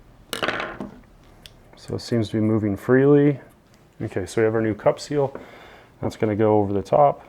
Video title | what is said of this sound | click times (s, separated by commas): Motorcycle Rear Brake Restoration: Honda XR | and then we're going to press that down in there until it pops into place | 0.3 s